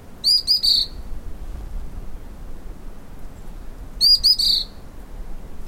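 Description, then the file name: White-browed fulvetta song: two brief high phrases of about three quick slurred notes each, roughly four seconds apart, over a low steady background rumble. "fulvetta-white-browed Fulvetta-vinipectus"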